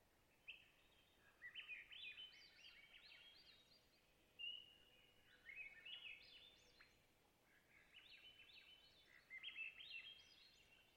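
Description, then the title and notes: Swainson's thrush song, rising breathy spirals of notes heard three times, with a faint steady tone in the background. Spring twilight night at a clear lake in hilly boreal taiga of white spruce and mosses, Long Lake, Talkeetna, Alaska; 49-61°F, light to no wind; mid-side recording with MKH8040 and MKH30 microphones. "Swainson's Thrush - Catharus Ustulatus - surrounded. Location: Long Lake, Talkeetna, AK"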